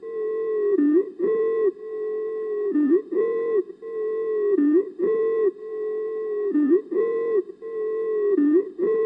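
Stridor produced on a breathing simulator.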